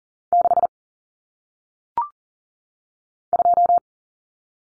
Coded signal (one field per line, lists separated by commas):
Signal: Morse code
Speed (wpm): 40 wpm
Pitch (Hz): 700 Hz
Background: none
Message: 6 2